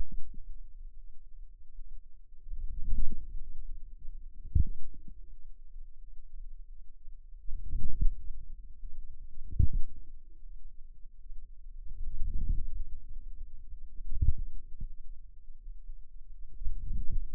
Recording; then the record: forearm muscle sounds (acoustic myography)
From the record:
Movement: outward rotation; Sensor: system 2, bracelet of six BSWA MPA416 microphones around the upper forearm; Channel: 6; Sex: female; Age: 23 years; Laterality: right